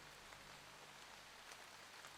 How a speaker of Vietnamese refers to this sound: Tiếng cô từ xa vang lại, hòa với tiếng nước mưa róc rách, nghe âm u não nề.